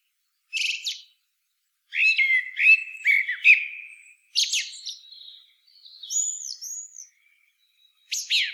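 Common blackbird delivering a quick run of squeaky, scratchy notes, a few high curved whistles, and a final harsh chatter.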